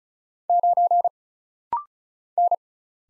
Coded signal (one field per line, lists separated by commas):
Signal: Morse code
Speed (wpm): 36 wpm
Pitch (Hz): 700 Hz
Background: none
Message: 9 N